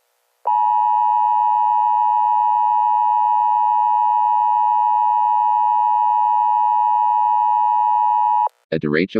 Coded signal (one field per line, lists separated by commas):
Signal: Emergency Alert System (SAME) tones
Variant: 853 and 960 Hz attention tone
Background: speech